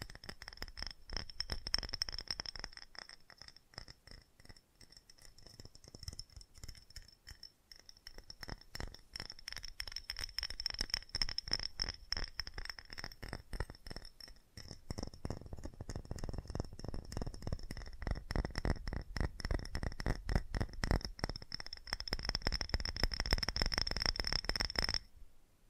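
Fast tapping runs the whole length as a dense, rapid stream of small clicky hits with a glassy, clinking edge. A thin, steady high whine sits above it. After about 15 seconds the taps grow fuller and heavier, then stop abruptly near 25 seconds.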